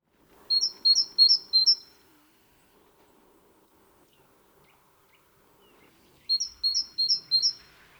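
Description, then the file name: Great tit song: a phrase of four bright two-note 'tea-cher' units at a quick even pace, repeated after a pause of about four seconds over a faint low hum. "Parus major"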